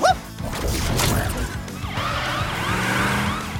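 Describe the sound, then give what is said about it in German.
A police siren yelps in fast, repeating rising-and-falling wails after a brief burst of clattering, whooshing noise, with a low engine-like rumble underneath. “Er liebte es, sie hinunterzurutschen und landete wenig später auch schon in seinem Polizeiauto.”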